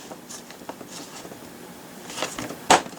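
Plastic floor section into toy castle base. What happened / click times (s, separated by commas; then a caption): The plastic piece snapped into place / 2.7 s. A plastic floor section of a Castle Grayskull toy castle playset is pushed into its base, with a few faint plastic ticks and rustles beforehand. At 2.7 s a tab locks into a notch with a single sharp, loud snap, and the floor piece is seated in place.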